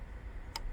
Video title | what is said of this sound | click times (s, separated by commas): Heritage Rough Rider .22 revolver 9 Shot Cylinder alignment issue | two clicks so i can turn | 0.6 s